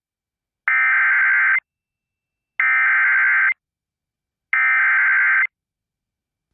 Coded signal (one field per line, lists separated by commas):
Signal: Emergency Alert System (SAME) tones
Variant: header bursts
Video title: MANITOBA WANNA STORM | EAS Alerts from 7/19/2022 (EAS #1431-1435)